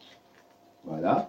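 A game console or controllers are handled while being fitted into a cardboard toy kit, with faint handling noise and a small tick near 0.4 s, then someone talks from about 0.8 s to the end. Nothing has seated or clicked into the kit yet.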